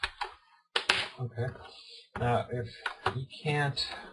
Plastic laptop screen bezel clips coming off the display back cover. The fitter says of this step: looking up the screen bezel and listen for snapping sounds okay